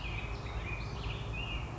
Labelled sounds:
Black-headed Grosbeak (Pheucticus melanocephalus)
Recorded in Sonoma County, California

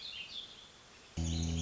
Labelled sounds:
Warbling Vireo (Vireo gilvus)
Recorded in Sonoma County, California

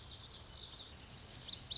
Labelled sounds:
Lazuli Bunting (Passerina amoena)
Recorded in Sonoma County, California

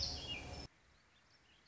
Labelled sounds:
Warbling Vireo (Vireo gilvus)
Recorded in Sonoma County, California

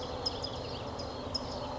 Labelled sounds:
California Towhee (Melozone crissalis)
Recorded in Sonoma County, California

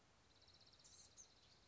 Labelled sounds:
Blue-gray Gnatcatcher (Polioptila caerulea)
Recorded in Sonoma County, California

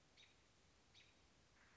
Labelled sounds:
American Robin (Turdus migratorius)
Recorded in Sonoma County, California

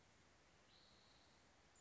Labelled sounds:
Spotted Towhee (Pipilo maculatus)
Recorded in Sonoma County, California

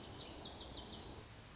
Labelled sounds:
Lazuli Bunting (Passerina amoena)
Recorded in Sonoma County, California

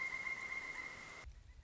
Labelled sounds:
Pileated Woodpecker (Dryocopus pileatus)
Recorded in Sonoma County, California

